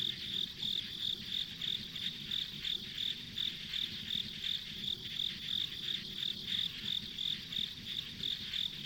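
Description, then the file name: Insects trilling in a regular high pulsing rhythm, a few pulses each second, above constant low background noise. Ambient insect sounds recorded on a country road. "田舎道の虫の環境音"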